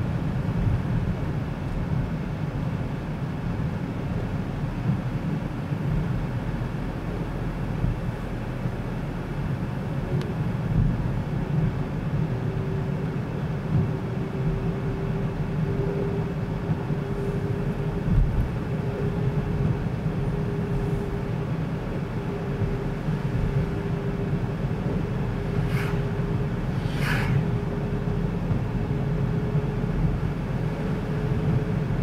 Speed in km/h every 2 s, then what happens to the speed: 33, 30, 33, 39, 44, 47, 47, 48, 49, 50, 48, 49, 49, 50, 51, 51.
3-10 speeds up to 47. 10-32 steady at about 49.